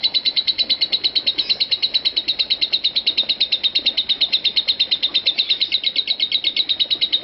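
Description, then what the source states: Lovebird keeping up a rapid, even run of sharp, high-pitched chirps throughout, like a continuous ticking chatter. Call style named konslet.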